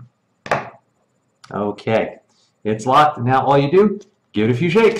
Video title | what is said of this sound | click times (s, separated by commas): Cambridge diet food | to make sure that you push the calf down you'll hear it snap so that you know it's locked so let's do that ok | 0.5 s